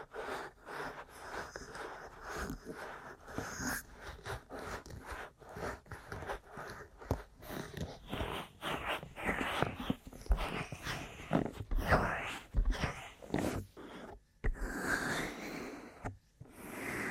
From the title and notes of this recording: ASMR Aggressive Ear Massage & Tapping (No Talking).